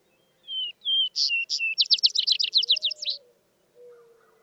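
Vesper Sparrow song: two falling whistled notes, brighter higher notes, then a long quick trill of high chirps, with a faint low hum.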